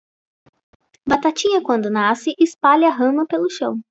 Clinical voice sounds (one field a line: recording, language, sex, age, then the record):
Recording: short text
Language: Brazilian Portuguese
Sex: female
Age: 30 to 39 years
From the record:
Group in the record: control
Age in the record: 30 years